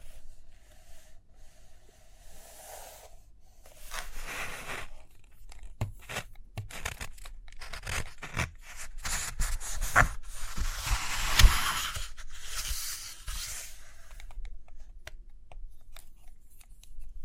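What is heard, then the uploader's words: Paper rustles and crinkles as pages turn, with bursts of scratching and tearing-like swishes around 4, 10 and 12–13 seconds, plus light taps. ASMR Study With Me Page Turning and Tapping, Writing, Drawing (No Talking).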